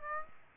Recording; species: mosquito wingbeat signal from an infrared sensor; Aedes aegypti